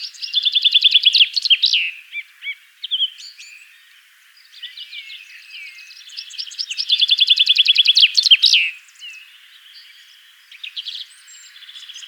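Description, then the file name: Common chaffinch song: two bright, rattling phrases of rapid notes, each ending in a flourish, with softer chirps and notes between. "Fringilla coelebs"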